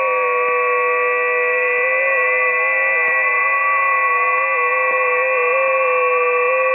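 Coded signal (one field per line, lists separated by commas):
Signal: FT8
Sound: dense chord of many overlapping steady warbling tones, like a sustained organ cluster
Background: radio static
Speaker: I tuned to 10 meters FT8. Here are the results. They are mainly amateurs from Europe. I also see a few stations from Brazil.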